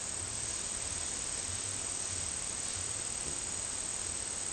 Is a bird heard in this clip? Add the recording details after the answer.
no. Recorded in dense forest near Puerto Asís, Putumayo, Colombia, on 22 December 2024 at 17:30. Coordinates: 0.468, -76.322. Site G071